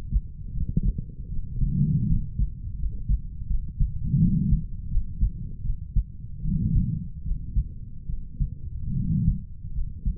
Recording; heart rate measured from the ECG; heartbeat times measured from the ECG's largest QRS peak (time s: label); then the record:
heart sounds by stethoscope; 78 bpm
0.52 s: heartbeat
1.28 s: heartbeat
2.06 s: heartbeat
2.76 s: heartbeat
3.47 s: heartbeat
4.18 s: heartbeat
4.88 s: heartbeat
5.62 s: heartbeat
6.41 s: heartbeat
7.22 s: heartbeat
8.06 s: heartbeat
8.93 s: heartbeat
9.72 s: heartbeat
From the record:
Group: healthy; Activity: rest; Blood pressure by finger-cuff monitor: 91/51 mmHg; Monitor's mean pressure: 66 mmHg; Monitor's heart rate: 80 bpm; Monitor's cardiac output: 8.4 L/min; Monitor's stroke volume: 101 mL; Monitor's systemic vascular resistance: 560 dyn s/cm5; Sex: female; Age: 23 years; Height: 160 cm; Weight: 50.4 kg